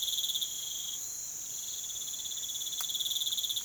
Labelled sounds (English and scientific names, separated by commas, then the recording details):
none
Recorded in pastures near Puerto Asís, Putumayo, Colombia, on 19 June 2025 at 05:30
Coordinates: 0.487, -76.322
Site H26